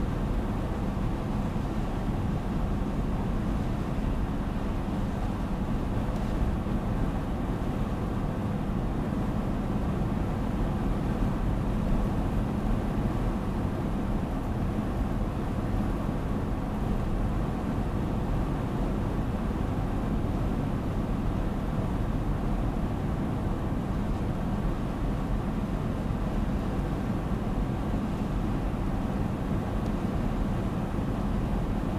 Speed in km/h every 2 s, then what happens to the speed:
94, 94, 94, 95, 95, 95, 95, 93, 93, 93, 93, 93, 95, 93, 94, 94.
0-32 steady at about 94.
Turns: none.